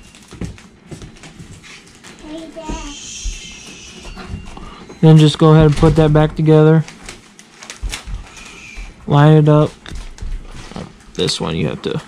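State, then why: Not seated. A side plate is handled and lined up on a baitcasting fishing reel frame before being pushed home, with small taps and clicks of handling while someone talks. Nothing has seated or clicked into place yet.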